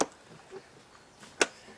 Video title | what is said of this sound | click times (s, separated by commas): Seat Box Clean and Refurbishment a Lockdown Special | well let's just click that off | 0.0 s, 1.4 s